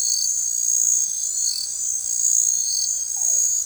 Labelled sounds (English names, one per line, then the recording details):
none
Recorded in forest near Pivijay, Magdalena, Colombia, on 13 April 2023 at 21:30
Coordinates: 10.467, -74.380
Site Z5-G034